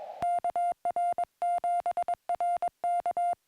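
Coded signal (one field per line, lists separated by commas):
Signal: Morse code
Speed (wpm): 22 wpm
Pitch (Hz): 700 Hz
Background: music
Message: KR7RK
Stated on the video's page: SOTA summit activation in CW.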